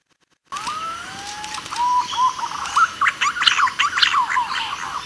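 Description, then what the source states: Green pigeon whistled calls: a few long, gently rising whistles give way to a busy run of short, bubbling whistled notes rising and falling. Lure call used for trapping green pigeons.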